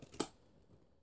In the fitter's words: locks in place and then